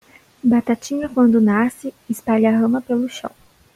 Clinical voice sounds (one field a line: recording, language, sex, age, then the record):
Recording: short text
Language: Brazilian Portuguese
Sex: female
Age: 20 to 29 years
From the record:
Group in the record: control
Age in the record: 22 years